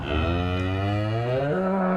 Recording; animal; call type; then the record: contact call of a hoofed animal; cattle; low-frequency (closed-mouth) or high-frequency (open-mouth) call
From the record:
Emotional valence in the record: negative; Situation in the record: full separation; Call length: 2.0 s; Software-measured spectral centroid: 1190 Hz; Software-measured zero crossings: 1180 a second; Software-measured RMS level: -24 dBFS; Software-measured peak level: -12 dBFS